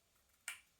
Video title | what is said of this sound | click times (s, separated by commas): Garmin Radar Alloy Mount | positive click and i like that that is that is going nowhere | 0.5 s